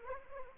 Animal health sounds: mosquito wingbeat signal from an infrared sensor; Anopheles gambiae

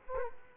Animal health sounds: mosquito wingbeat signal from an infrared sensor; Culex quinquefasciatus

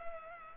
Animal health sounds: mosquito wingbeat signal from an infrared sensor; Culex pipiens

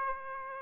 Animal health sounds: mosquito wingbeat signal from an infrared sensor; Aedes aegypti

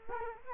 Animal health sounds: mosquito wingbeat signal from an infrared sensor; Culex quinquefasciatus

